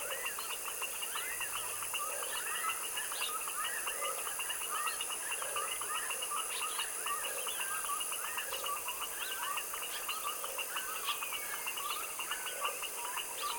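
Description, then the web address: Foaming frogs calling in a thick chorus, many short repeated chirps and trills overlapping, with a lower pulsing note at intervals and constant high-pitched hiss. Evening dusk chorus of foaming frogs in a tropical wetland swamp. "Articulated Sounds - Tropical Ambiences TROPICAL Wetland swamp evening foaming frog dusk chorus"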